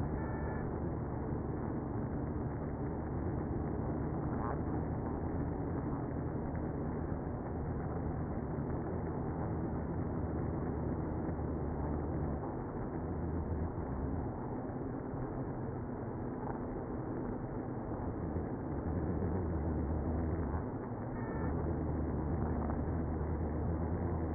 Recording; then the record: honeybee colony, microphone inside the hive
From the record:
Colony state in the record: queenless (queen removed); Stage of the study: after two queens were removed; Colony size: about 60,000 bees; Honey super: yes